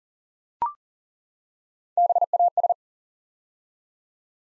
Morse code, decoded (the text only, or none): BAS